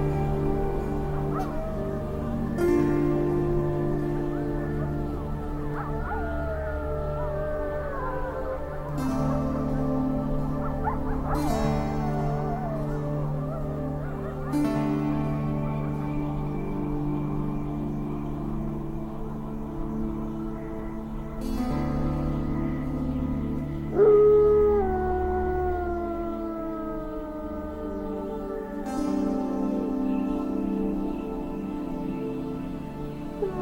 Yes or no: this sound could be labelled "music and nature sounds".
yes